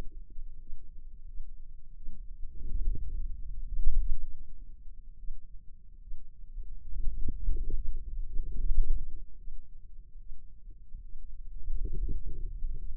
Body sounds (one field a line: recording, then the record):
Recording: forearm muscle sounds (acoustic myography)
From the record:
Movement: wrist extension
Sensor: system 2, bracelet of six BSWA MPA416 microphones around the upper forearm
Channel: 2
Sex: female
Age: 25 years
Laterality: right